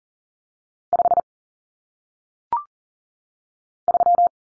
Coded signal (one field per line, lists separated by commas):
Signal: Morse code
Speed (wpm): 40 wpm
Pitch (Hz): 700 Hz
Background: none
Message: 5 3